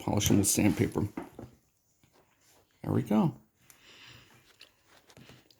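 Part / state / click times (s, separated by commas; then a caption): nylon fuel line quick connect onto a metal fuel line / seated / 4.6 s. Someone talks, then a rebuilt GM nylon fuel line quick connect, with parts polished with sandpaper and new o-rings, is pushed onto its metal mating fuel line above the gas tank amid faint handling noises. A sharp click at 4.6 s marks it seating, followed by a few small ticks. The connector is confirmed seated and stays in position when pulled.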